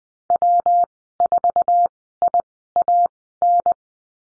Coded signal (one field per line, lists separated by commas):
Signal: Morse code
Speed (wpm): 20 wpm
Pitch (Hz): 700 Hz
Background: none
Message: W4IAN